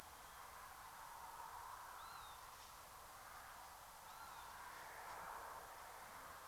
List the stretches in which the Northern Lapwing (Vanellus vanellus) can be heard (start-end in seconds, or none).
1.98-2.38, 4.06-4.52